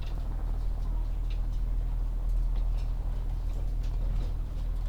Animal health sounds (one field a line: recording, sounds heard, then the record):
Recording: poultry house recording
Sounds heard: sick chickens (respiratory disease)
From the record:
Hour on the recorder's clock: 16